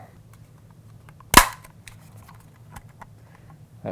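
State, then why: Seated. The two plastic halves of the gunner pod on a 1986 Hasbro G.I. Joe Cobra STUN toy vehicle are pressed together during a repair. They snap into place with one sharp, loud crack at 1.4 s, surrounded by faint small ticks and handling noise, leaving the pod seated.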